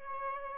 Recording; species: mosquito wingbeat signal from an infrared sensor; Aedes albopictus